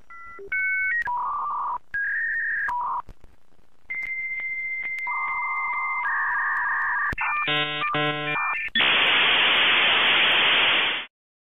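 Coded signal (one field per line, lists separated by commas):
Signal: dial-up modem handshake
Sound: dialing tones, a long steady high tone with warble, chirpy bursts, then loud hiss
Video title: Sound effect popular dial up internet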